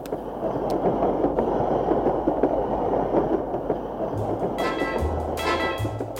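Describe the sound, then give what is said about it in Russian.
A suburban electric train near Moscow rolls along with a steady, dense rumble, and near the end a low motor hum climbs in stepped tones beneath brief high whines. No one speaks. “В подмосковной электричке, в гражданском одеянии, вспоминаю по привычке о северном сиянии.”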